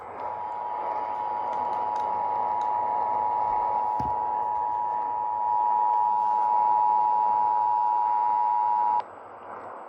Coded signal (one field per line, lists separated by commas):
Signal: Emergency Alert System (SAME) tones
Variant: 853 and 960 Hz attention tone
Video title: [EAS #1563-#1584] A Night of Required Monthly Tests